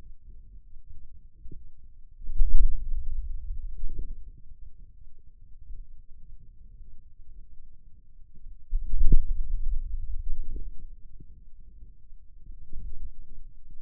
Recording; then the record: forearm muscle sounds (acoustic myography)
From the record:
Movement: hand closing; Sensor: system 2, bracelet of six BSWA MPA416 microphones around the upper forearm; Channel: 2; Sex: male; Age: 22 years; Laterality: right